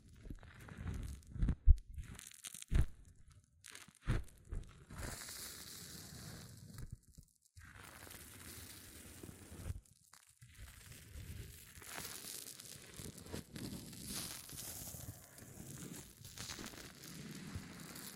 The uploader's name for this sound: Extreme Fizzing Tingles Hair Mousse Sounds